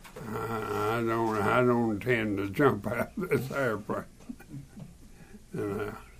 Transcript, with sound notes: I, I don’t, I don’t intend to jump out [Chuckling] of this airplane, yeah.